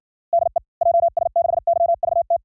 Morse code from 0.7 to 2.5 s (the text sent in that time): JS6YVT